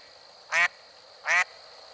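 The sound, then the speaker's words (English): Two low, questioning quacks from a male mallard, each short and raspy, spaced a little under a second apart over a faint steady background hiss. “The low, questioning quacks of a male mallard”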